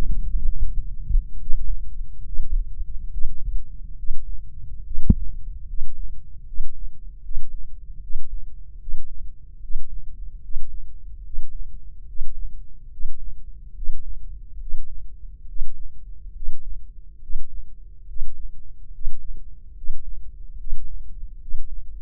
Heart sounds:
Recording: heart sounds by microphone in the left ear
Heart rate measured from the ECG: 72 bpm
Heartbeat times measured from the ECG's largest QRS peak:
0.47 s: heartbeat
1.40 s: heartbeat
2.24 s: heartbeat
3.10 s: heartbeat
3.96 s: heartbeat
4.84 s: heartbeat
5.67 s: heartbeat
6.45 s: heartbeat
7.22 s: heartbeat
8.01 s: heartbeat
8.79 s: heartbeat
9.61 s: heartbeat
10.41 s: heartbeat
11.23 s: heartbeat
12.06 s: heartbeat
12.90 s: heartbeat
13.74 s: heartbeat
14.59 s: heartbeat
15.47 s: heartbeat
16.34 s: heartbeat
17.21 s: heartbeat
18.07 s: heartbeat
18.92 s: heartbeat
19.75 s: heartbeat
20.57 s: heartbeat
21.39 s: heartbeat
From the record:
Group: healthy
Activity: Valsalva maneuver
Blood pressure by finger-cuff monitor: 141/99 mmHg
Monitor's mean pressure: 107 mmHg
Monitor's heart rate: 71 bpm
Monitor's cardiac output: 6.2 L/min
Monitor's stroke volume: 85 mL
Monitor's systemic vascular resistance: 1310 dyn s/cm5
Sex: male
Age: 23 years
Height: 179 cm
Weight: 87 kg

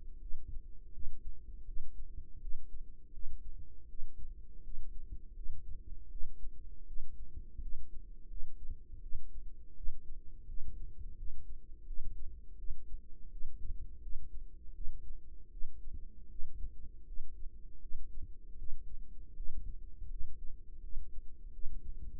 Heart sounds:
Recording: heart sounds by microphone in the right ear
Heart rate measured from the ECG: 82 bpm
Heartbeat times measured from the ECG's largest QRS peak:
0.19 s: heartbeat
0.92 s: heartbeat
1.65 s: heartbeat
2.40 s: heartbeat
3.12 s: heartbeat
3.88 s: heartbeat
4.62 s: heartbeat
5.34 s: heartbeat
6.09 s: heartbeat
6.86 s: heartbeat
7.60 s: heartbeat
8.28 s: heartbeat
9.01 s: heartbeat
9.75 s: heartbeat
10.47 s: heartbeat
11.16 s: heartbeat
11.85 s: heartbeat
12.57 s: heartbeat
13.30 s: heartbeat
14.00 s: heartbeat
14.73 s: heartbeat
15.50 s: heartbeat
16.29 s: heartbeat
17.05 s: heartbeat
17.80 s: heartbeat
18.57 s: heartbeat
19.35 s: heartbeat
20.08 s: heartbeat
20.81 s: heartbeat
21.52 s: heartbeat
22.19 s: heartbeat
From the record:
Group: healthy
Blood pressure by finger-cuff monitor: 102/57 mmHg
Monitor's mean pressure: 71 mmHg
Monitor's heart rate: 81 bpm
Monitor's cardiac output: 7.2 L/min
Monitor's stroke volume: 88 mL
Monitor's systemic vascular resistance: 700 dyn s/cm5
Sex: female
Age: 22 years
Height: 157 cm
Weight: 47.6 kg

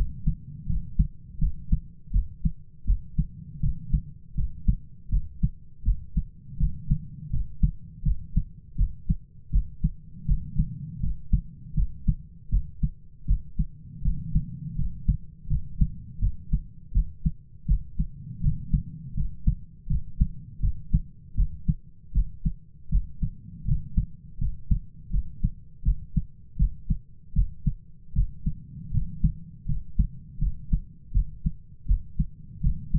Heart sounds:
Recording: heart sounds by stethoscope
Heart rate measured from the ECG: 81 bpm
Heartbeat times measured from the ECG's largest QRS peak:
0.67 s: heartbeat
1.39 s: heartbeat
2.11 s: heartbeat
2.85 s: heartbeat
3.61 s: heartbeat
4.35 s: heartbeat
5.10 s: heartbeat
5.83 s: heartbeat
6.58 s: heartbeat
7.31 s: heartbeat
8.03 s: heartbeat
8.76 s: heartbeat
9.51 s: heartbeat
10.26 s: heartbeat
11.01 s: heartbeat
11.75 s: heartbeat
12.50 s: heartbeat
13.26 s: heartbeat
14.03 s: heartbeat
14.76 s: heartbeat
15.48 s: heartbeat
16.20 s: heartbeat
16.92 s: heartbeat
17.66 s: heartbeat
18.41 s: heartbeat
19.15 s: heartbeat
19.88 s: heartbeat
20.60 s: heartbeat
21.35 s: heartbeat
22.13 s: heartbeat
22.90 s: heartbeat
23.66 s: heartbeat
24.39 s: heartbeat
25.11 s: heartbeat
25.83 s: heartbeat
26.57 s: heartbeat
27.34 s: heartbeat
28.14 s: heartbeat
28.92 s: heartbeat
29.66 s: heartbeat
30.39 s: heartbeat
31.12 s: heartbeat
31.86 s: heartbeat
32.62 s: heartbeat
From the record:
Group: healthy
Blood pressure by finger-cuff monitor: 114/67 mmHg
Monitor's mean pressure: 83 mmHg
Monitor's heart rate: 81 bpm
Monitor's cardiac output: 8 L/min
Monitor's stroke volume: 99 mL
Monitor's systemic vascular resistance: 760 dyn s/cm5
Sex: male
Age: 33 years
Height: 179 cm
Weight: 80.4 kg

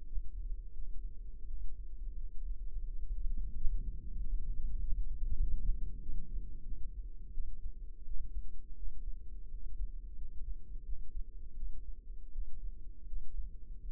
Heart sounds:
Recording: heart sounds by microphone in the left ear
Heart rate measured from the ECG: 87 bpm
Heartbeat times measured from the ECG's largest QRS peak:
0.04 s: heartbeat
0.71 s: heartbeat
1.44 s: heartbeat
2.14 s: heartbeat
2.84 s: heartbeat
3.52 s: heartbeat
4.17 s: heartbeat
4.79 s: heartbeat
5.39 s: heartbeat
6.00 s: heartbeat
6.62 s: heartbeat
7.31 s: heartbeat
8.03 s: heartbeat
8.74 s: heartbeat
9.48 s: heartbeat
10.14 s: heartbeat
10.83 s: heartbeat
11.54 s: heartbeat
12.30 s: heartbeat
13.04 s: heartbeat
13.79 s: heartbeat
From the record:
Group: healthy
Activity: rest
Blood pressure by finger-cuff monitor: 115/68 mmHg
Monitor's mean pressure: 85 mmHg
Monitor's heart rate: 85 bpm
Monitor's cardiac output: 7.3 L/min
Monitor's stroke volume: 85 mL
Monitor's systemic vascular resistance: 850 dyn s/cm5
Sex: female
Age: 26 years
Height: 165 cm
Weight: 55 kg

